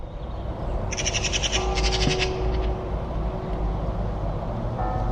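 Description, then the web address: Bird call: two quick bursts of rapid, high pulsed notes over a steady low rumble of traffic. Call rendered as "pi pi pi pi". "birddata Deverinetal 2025"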